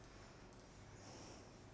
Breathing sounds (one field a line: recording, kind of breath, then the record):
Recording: one breath in and out by a microphone near the nose and mouth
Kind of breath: normal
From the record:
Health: marked as sick, illness not named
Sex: female